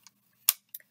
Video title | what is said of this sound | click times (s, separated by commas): Siemens S7-1200: Rugged, Dependable Versatile PLC - for around $200 | it does have a cover that snaps right into the unit | 0.5 s